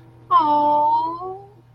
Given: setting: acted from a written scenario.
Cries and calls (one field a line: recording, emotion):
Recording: vocal sound without words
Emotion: adoration